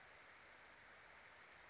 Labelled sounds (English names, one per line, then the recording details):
Western Flycatcher
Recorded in Sonoma County, California